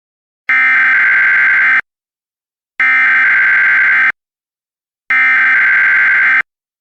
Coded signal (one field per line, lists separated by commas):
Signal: Emergency Alert System (SAME) tones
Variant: header bursts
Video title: EAS: A Realistic Nuclear Attack Scenario